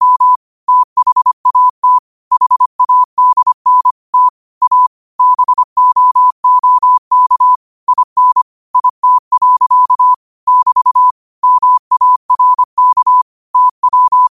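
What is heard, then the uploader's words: Morse code is sent as a single steady tone around one kilohertz, keyed into quick short dots and longer dashes at a brisk, regular pace. Brief gaps separate letters and words throughout the fourteen seconds. The background is silent. 25 WPM morse code quotes.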